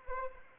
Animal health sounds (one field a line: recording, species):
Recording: mosquito wingbeat signal from an infrared sensor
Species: Anopheles arabiensis